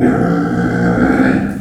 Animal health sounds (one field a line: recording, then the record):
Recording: squeal of a Yucatan mini pig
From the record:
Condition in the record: after surgery on the right vocal fold (resection and tissue-engineered implant)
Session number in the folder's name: 3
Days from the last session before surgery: 21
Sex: female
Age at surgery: 19 weeks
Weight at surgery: 25 kg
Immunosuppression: prednisolone